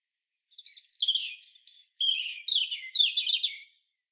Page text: European Robin. KÜRE Encyclopedia